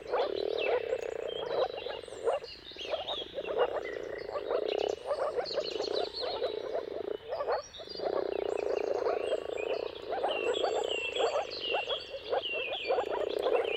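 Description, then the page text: Moor frog chorus rising and falling in waves of soft bubbling calls, with steady birdsong mixed in. Mating-call chorus of moor frogs at sunrise, at the turn of March and April depending on the weather; recorded by Jakub Orzecki. "earth-fm Jakub-Orzecki moor frogs. Dawn’s Chorus: Mating Calls of Marsh Frogs at Sunrise. Depending on the weather at the turn of March and April, you can witness an amazing spectacle of moor frogs"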